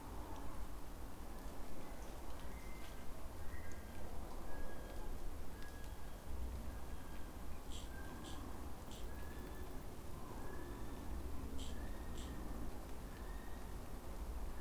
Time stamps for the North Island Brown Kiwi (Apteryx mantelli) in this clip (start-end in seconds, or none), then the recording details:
1.13-14.61. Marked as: faintness 3/5. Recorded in New Zealand on 20 November 2013. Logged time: 21:14. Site CG25